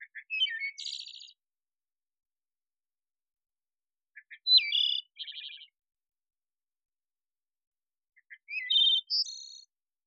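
Wood thrush song, three varied flute-like phrases about four seconds apart, each with quiet lead-in notes and an ethereal, buzzy high ending; otherwise silent.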